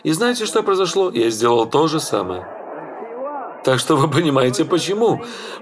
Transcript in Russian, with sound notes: И знаете, что произошло? — Я сделал то же самое. [Собрание смеётся—Ред.] Так что вы понимаете, почему.